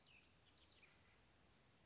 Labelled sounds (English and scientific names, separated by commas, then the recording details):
Cassin's Vireo (Vireo cassinii)
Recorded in Sonoma County, California